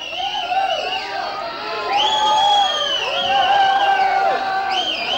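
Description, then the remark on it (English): A crowd at a 1990 rock concert in Unterföhring, Germany, yells and cheers loudly, many voices overlapping in sustained high-pitched shouts and whoops that rise and swell for several seconds without a break. “So yell as much as you want.”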